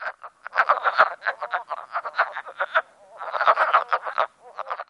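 Wood frog chorus of short, duck-like clucking croaks, rapid and overlapping, pausing briefly near three seconds before resuming.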